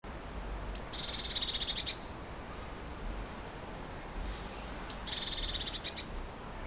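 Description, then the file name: Eurasian blue tit calls twice, each a high thin note dropping into a rattling buzzy churr, about four seconds apart, over light background hiss. "Cyanistes caeruleus"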